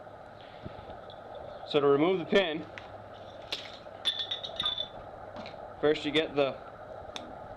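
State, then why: Released. Someone talks while the blue plastic locking wedges of a multi-pin electrical connector housing are pushed so they stick out, in preparation for removing a pin. Several small taps are heard between about 3.5 and 4.8 seconds, then a sharp, very brief click at 7.2 seconds as the locking wedges pop out and are released.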